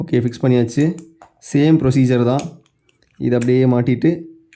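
An assembled plastic spinning top, a Dark Perseus Beyblade, is being handled as it is about to be placed on its launcher and turned right until it locks. Someone talks throughout, and a brief faint tick comes at 4.5 s. Nothing has seated or clicked yet.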